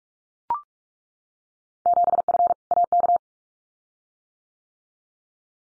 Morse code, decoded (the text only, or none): 7F AK